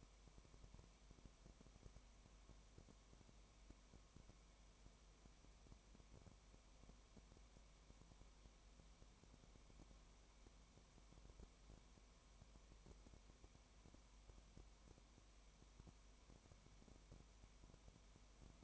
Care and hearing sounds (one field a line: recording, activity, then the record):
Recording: daily activity, microphone in the room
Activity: no activity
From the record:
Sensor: 1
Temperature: 19.1 degrees Celsius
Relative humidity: 34.0%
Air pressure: 1001.3 hPa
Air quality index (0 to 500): 82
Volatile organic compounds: 1 ppm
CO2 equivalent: 819 ppm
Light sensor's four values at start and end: 1/2/1/1 and 1/2/1/1